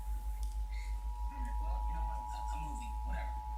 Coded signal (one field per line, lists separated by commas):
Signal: Emergency Alert System (SAME) tones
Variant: 853 and 960 Hz attention tone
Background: speech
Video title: WMBD Required Monthly Test (EAS 306)